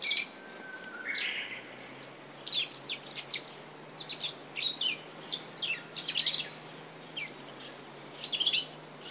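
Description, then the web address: Black-faced bunting uttering sharp, thin chirps repeated irregularly, a busy series of high notes with a low hum underneath. "izumino saunndo aozi"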